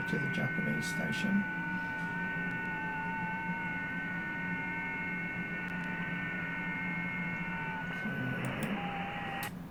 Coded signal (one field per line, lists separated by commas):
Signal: FT8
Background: speech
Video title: Just some fun on FT8/4